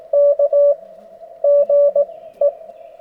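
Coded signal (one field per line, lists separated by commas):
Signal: Morse code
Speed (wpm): 20 wpm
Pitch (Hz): 580 Hz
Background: none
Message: K GE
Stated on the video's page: Park activation (POTA) at a state forest at night, 20 W from an FTDX10, good bands with piles of callers.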